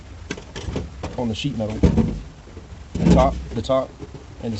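A finger presses the catch on the snap-on plastic discharge port with damper of a Broan 678 bathroom exhaust fan/light combo, releasing it from the fan's sheet metal housing. A single sharp click is heard at 0.3 s, and someone talks. The discharge port damper comes unclipped.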